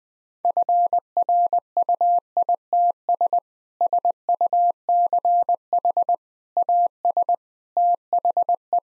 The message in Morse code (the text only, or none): FRUITS SUCH AS THE